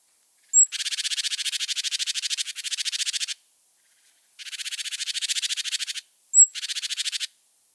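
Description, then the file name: Great tit churring calls: three long, harsh, rapidly pulsed buzzy bursts, with short high thin notes before two of them. "Parus major"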